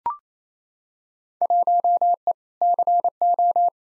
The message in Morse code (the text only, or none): 1E CO